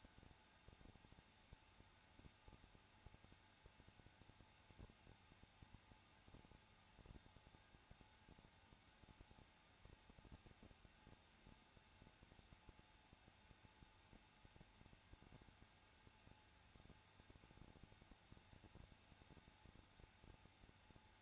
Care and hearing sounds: daily activity, microphone in the room; no activity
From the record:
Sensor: 2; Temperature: 21.0 degrees Celsius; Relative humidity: 34.2%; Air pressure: 994.4 hPa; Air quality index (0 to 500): 172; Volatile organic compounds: 3 ppm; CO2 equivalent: 1335 ppm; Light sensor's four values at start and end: 2/3/2/2 and 2/3/2/2

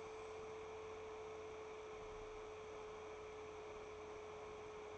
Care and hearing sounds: daily activity, microphone in the room; make coffee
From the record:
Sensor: 1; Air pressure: 1014.8 hPa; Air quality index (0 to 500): 188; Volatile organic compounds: 25 ppm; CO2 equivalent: 2847 ppm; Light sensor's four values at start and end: 4/10/3/3 and 4/10/3/3

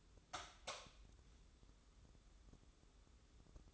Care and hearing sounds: daily activity, microphone in the room; light on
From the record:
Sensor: 3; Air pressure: 995.3 hPa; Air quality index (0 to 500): 82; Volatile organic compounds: 7 ppm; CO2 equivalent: 1972 ppm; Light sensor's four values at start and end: 9/22/9/9 and 12/31/12/12

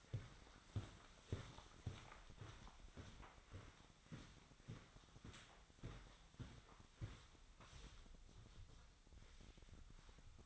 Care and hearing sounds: daily activity, microphone in the room; walk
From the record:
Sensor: 3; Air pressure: 1009.3 hPa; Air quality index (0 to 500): 190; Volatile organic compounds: 4 ppm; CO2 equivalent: 1542 ppm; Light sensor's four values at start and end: 57/147/64/66 and 53/135/60/62

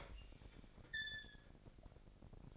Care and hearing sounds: daily activity, microphone in the room; open fridge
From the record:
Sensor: 5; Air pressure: 1002.0 hPa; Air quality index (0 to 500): 210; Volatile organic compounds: 21 ppm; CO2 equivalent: 2731 ppm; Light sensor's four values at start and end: 10/23/9/11 and 11/25/10/12

